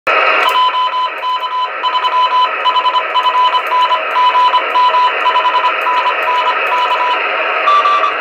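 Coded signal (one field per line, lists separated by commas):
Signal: Morse code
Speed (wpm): 25 wpm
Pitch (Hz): 1000 Hz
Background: radio noise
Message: JK3HFN GM 5NN K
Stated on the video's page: CW contact via satellite RS-44.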